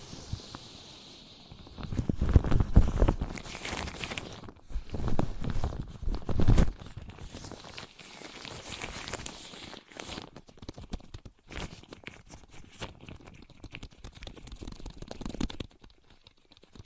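Objects of wood, cork, sponge, foam, glass and plastic are handled and knocked together in a string of uneven taps, scrapes and thumps. The loudest, densest clatter comes in the first seven seconds, then lighter, sparser knocks and rubbing continue, with a final sharper burst near fifteen seconds.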